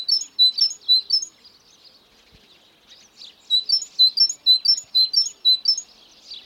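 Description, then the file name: Great tit song in two strophes of rhythmic, sharp high two-part notes, separated by a short lull with faint chirping. "Parus major"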